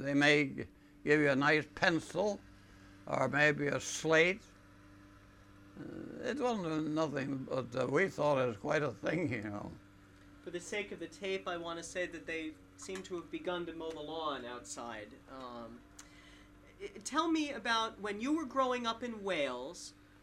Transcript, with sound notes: They may give you a nice pencil or maybe a slate. It wasn't nothing but we thought it was quite a thing, you know. (a lawn mower can be heard in the background)
For the sake of the tape, I want to say that they seem to have begun to mow the lawn outside. Tell me about, when you were growing up in Wales,